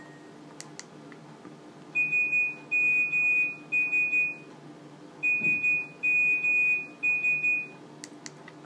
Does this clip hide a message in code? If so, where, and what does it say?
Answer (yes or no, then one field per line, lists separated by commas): yes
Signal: Morse code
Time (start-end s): 2.0-7.6 s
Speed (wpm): 12 wpm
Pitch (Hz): 2450 Hz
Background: none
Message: SMS SMS